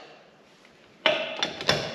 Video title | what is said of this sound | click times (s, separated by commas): 73' VW Super Beetle Barn Find! Sitting 17 Years! | did you hear the click that was the torque scrunch setting on the old DeWalt click | 1.1 s